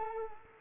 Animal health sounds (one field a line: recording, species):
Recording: mosquito wingbeat signal from an infrared sensor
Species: Culex quinquefasciatus